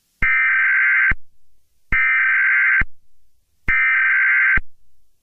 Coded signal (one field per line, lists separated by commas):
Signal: Emergency Alert System (SAME) tones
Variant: header bursts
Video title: A mini EAS scenario - Break in.